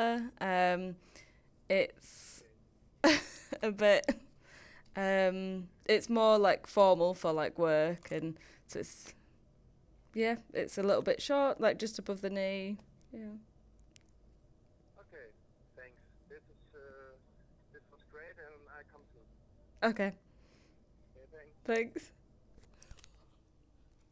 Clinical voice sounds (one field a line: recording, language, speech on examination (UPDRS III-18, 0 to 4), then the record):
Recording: conversation on a phone call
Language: English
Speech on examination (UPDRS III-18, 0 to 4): 0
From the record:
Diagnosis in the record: healthy control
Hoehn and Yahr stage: 0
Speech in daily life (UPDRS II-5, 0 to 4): 0